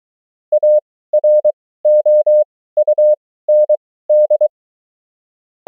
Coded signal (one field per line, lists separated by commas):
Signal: Morse code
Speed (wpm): 23 wpm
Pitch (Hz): 600 Hz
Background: none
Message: AROUND